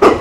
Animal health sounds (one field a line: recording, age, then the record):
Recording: pig call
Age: growing-finishing pig (85 days or more)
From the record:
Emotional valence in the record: positive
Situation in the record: run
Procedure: transit